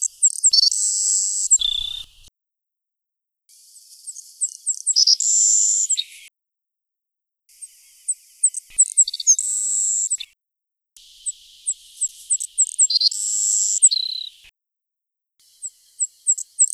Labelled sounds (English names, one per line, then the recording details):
Savannah Sparrow song
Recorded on Kent Island, New Brunswick, in 2011